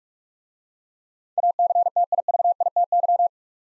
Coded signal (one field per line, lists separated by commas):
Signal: Morse code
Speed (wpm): 44 wpm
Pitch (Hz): 700 Hz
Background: none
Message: ACTIVITY